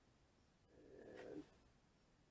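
A magazine is pushed into the receiver of a .357 BigBore Challenger air rifle, where a spring detent ball holds it. A low, muffled sliding rumble builds from about 0.7 s, peaks near 1.4 s and then fades back to quiet. Nothing has seated or clicked yet.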